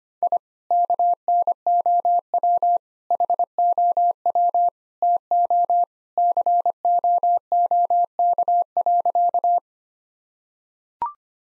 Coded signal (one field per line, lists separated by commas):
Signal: Morse code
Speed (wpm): 25 wpm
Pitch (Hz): 700 Hz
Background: none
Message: I KNOW HOW TO COOK.